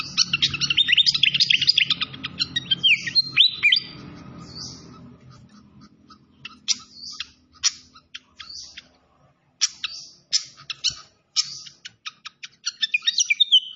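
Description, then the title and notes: Malaysian pied fantail song: a loud chattering burst with swooping whistles over a low rush, then sharp chips repeated at uneven intervals. Masteran (training recording) with a clear-voiced song mixed with the sound of trickling water. "Masteran Sikatan Kipas Suara Jernih Dan Suara Gemericik Air. Suara Burung Sikatan Londo"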